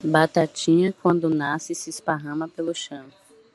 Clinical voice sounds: short text; Brazilian Portuguese; female; 30 to 39 years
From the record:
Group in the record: control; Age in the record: 39 years

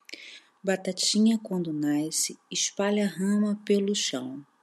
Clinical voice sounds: short text; Brazilian Portuguese; female; 40 to 49 years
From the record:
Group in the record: control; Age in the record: 44 years

